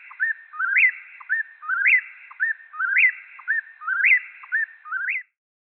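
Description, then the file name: Eastern whip-poor-will singing: a loud whistled three-part phrase that rises sharply near its end, repeated about five times in quick succession. "Whippoorwill"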